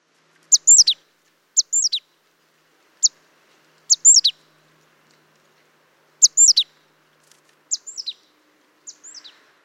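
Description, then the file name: Great tit calls: short, high, thin notes in tight clusters of two to four, given at irregular gaps against a quiet background. "Parus major"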